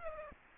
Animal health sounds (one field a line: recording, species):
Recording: mosquito wingbeat signal from an infrared sensor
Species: Aedes aegypti